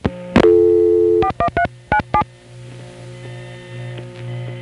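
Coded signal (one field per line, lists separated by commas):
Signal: DTMF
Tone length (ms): 90 ms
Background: music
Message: 41397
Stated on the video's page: Long-distance calls to centralized intercept, recorded February 1977 and June 1976.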